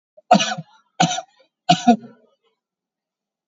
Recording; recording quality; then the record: heavy voluntary cough; excellent, no background noise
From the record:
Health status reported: recovered from COVID-19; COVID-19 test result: positive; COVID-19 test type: RT-PCR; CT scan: taken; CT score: 12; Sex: male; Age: 38 years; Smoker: no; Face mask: not worn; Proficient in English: yes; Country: India